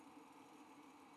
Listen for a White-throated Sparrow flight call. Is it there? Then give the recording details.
no. No flight call is heard. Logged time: 08:31 on 5 December 2014